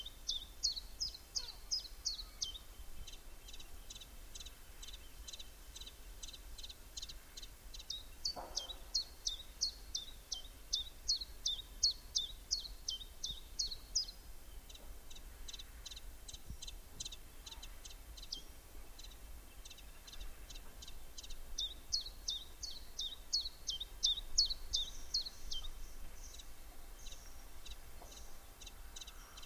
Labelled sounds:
Common Chiffchaff (Phylloscopus collybita)
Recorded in the wild
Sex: male
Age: adult
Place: Halbinsel Kindo, Karelien, RU
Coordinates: 66.5503, 33.1017
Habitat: taiga
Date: 1991-07-23
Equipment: Uher 4000 Report Monitor ME 80, K 30 AV, Original
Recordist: Frommolt, Karl-Heinz

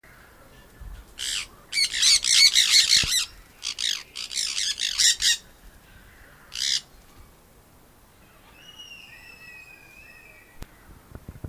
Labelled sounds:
Sun Parakeet (Aratinga solstitialis) call
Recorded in captivity
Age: adult
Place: Tiergarten Wilhelma/Stuttgart, Baden-Württemberg, DE
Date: 2000-09-24 17:49
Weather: bedeckt, 15°C
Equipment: Nagra SN, Kopie Uher 4000 Report Monitor
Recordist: Tembrock, Günter

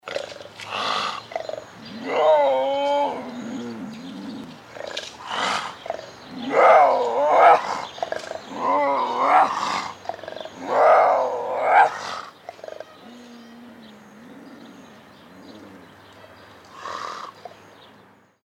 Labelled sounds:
Puma (Puma concolor)
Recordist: Tembrock, Günter
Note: Rufe eines Weibchens bei Begattung

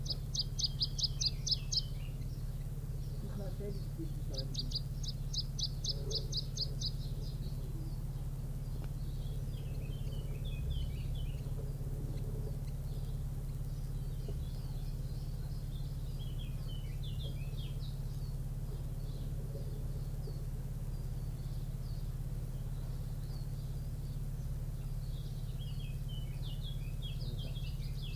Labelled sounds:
Canary Islands Chiffchaff (Phylloscopus canariensis)
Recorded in the wild
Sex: diverse
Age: adult
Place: Privatpark "Chiripa" und Botanischer Garten in Puerto de la Cruz, Teneriffa, Teneriffa, Kanarische Inseln, ES
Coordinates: 28.4094, -16.5447
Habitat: park
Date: 1964-04-28 11:00
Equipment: Nagra III PH, Parabolspiegelmikrophon, LGS26
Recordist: Faber, A. and Schneider, H.-J

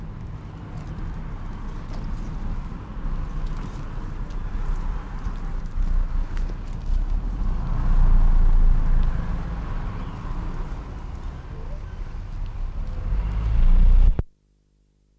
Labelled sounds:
One-humped Camel (Camelus dromedarius) call
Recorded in captivity
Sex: female
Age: adult
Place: Zoo Berlin, Berlin, DE
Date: 1959-11-01 11:00
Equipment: Reporter (Vollspur)
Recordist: Tembrock, Günter

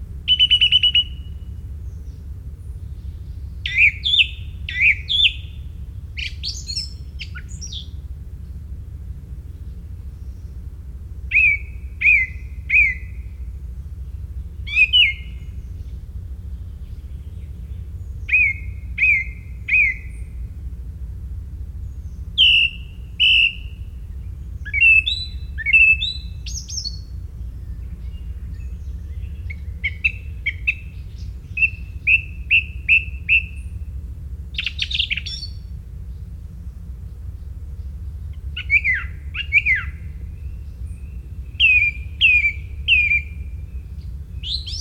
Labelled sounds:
Song Thrush (Turdus philomelos) song
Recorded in the wild
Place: Lohme, Insel Rügen, Mecklenburg-Vorpommern, DE
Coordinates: 54.565, 13.615
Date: 1981-06-24 06:18
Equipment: Nagra III BH, Sennheiser MD 21, parabola
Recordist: Schubert, Michael

